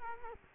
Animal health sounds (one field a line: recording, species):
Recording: mosquito wingbeat signal from an infrared sensor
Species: Culex quinquefasciatus